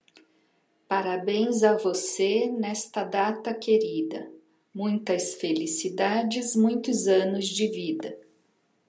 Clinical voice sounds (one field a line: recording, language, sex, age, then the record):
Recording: short text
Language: Brazilian Portuguese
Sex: female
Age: 50 to 59 years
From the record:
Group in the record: control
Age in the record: 59 years